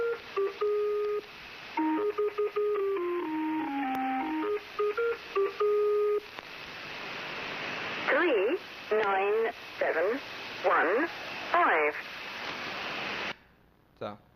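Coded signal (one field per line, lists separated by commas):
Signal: numbers station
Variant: Lincolnshire Poacher (E3)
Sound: electronic folk-tune melody in stepped tones, then short evenly spaced spoken words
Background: radio static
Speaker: this is the Lincolnshire poacher it's a pretty famous famous number station and it's still broadcasting I don't know from where but if I'm not mistaken it's uh yes MI6 operated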